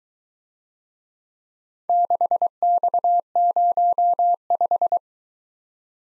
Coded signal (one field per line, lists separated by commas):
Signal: Morse code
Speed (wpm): 23 wpm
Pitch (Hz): 700 Hz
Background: none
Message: 6X05